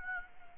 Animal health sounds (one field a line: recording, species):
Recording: mosquito wingbeat signal from an infrared sensor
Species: Aedes aegypti